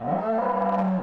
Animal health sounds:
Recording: contact call of a hoofed animal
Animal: cattle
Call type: low-frequency (closed-mouth) or high-frequency (open-mouth) call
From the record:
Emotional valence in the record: negative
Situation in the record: full separation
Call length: 1.03 s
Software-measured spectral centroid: 900 Hz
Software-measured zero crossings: 1190 a second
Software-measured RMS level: -24 dBFS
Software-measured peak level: -13 dBFS

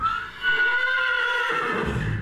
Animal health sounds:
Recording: contact call of a hoofed animal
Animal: horse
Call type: whinny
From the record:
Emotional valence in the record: negative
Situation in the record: group separation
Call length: 2.2 s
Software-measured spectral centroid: 1910 Hz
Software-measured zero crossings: 2710 a second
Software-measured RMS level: -24 dBFS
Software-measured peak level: -11 dBFS

